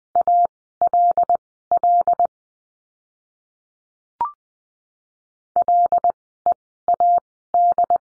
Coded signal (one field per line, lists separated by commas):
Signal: Morse code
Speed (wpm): 19 wpm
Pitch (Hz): 700 Hz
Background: none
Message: ALL LEAD